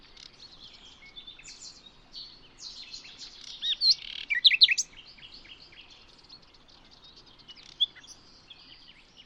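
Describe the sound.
Bird song: a burst of quick, high chirps and trills swelling midway, with fainter twittering throughout and a lone sharp note near the end.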